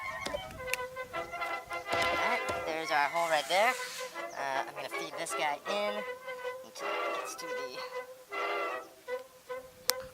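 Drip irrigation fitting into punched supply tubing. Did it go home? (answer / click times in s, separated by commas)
yes / 9.9 s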